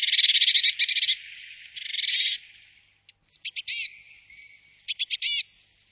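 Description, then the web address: Willow tit giving harsh, buzzy nasal notes in two quick runs, then a pause and sharper chevron-shaped notes repeated in short bursts. "chant jean roche mesange boreale"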